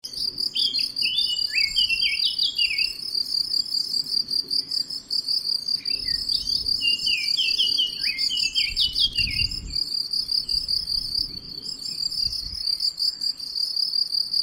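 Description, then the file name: Eurasian blackcap singing short, quick warbled phrases of falling and rising notes in two bursts, over a loud, constant high cricket trill. "Sylvia atricapilla"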